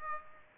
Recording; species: mosquito wingbeat signal from an infrared sensor; Aedes aegypti